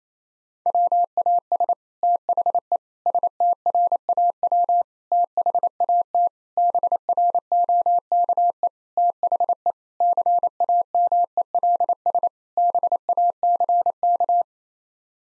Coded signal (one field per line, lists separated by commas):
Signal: Morse code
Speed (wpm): 28 wpm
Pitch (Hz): 700 Hz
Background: none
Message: WAS THE STRAW THAT BROKE THE CAMELS BACK